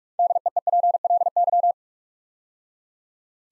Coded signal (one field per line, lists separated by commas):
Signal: Morse code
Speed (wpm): 44 wpm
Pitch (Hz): 700 Hz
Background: none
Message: DEEPLY